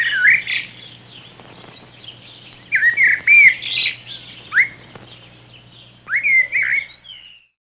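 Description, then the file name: Common blackbird singing rich, fluting whistled phrases in separate bursts, some low and mellow, others ending in higher squeaky twitters, with pauses between phrases and a faint low hum. "merle"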